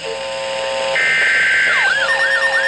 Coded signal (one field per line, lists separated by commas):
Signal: Emergency Alert System (SAME) tones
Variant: header bursts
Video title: Severe Thunderstorm Warning #3 - 8/28/22 (EAS #80)